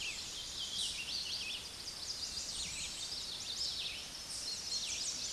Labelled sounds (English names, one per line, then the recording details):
Chestnut-sided Warbler song
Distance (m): 45 m
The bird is about 15 m above the microphone
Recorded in a Pennsylvania forest on 16 May 2024 at 06:28
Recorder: AudioMoth, point MSD-2305
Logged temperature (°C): 16.9 °C
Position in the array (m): 97 m, 199 m